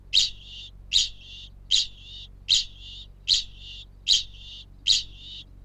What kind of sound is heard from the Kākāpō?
ching call